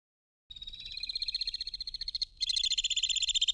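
Alpine swift producing a fast, high, buzzy trill that pauses briefly, then resumes more loudly with a rapid pulsing rhythm.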